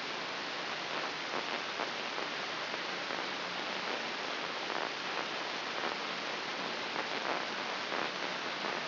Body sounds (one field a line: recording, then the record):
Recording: brain microelectrode recording played as sound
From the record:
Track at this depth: inside the subthalamic nucleus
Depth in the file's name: 6.508 mm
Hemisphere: left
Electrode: 3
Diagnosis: Parkinson's disease